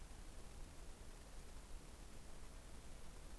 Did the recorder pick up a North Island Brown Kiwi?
no